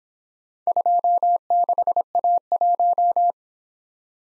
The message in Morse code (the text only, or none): 26A1